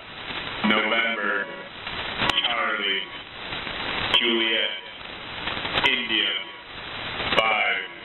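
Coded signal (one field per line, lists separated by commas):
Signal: coded military voice message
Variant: HFGCS EAM, English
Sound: male voice reading short spaced phonetic-alphabet groups over noisy shortwave radio, with clicks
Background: radio static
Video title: HFGCS EAMs 09-10-2018 2303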